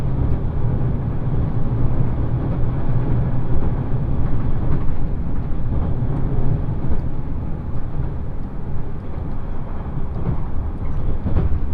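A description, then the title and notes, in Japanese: Ride aboard the Ishizuchi 101 limited express on the Yosan Line: a steady, dense low rumble of the running train fills the whole clip. Faint rattles and brief clicks from the wheels and carriage come through every second or so, with little change in loudness. 鉄道旅 予讃線特急いしづち101号 今治→松山。列車はアンパンマン編成の5両で4両が自由席になります。意外と学生が通学で利用するので混雑しています。停車駅は伊予北条のみで35分くらいノンストップになります。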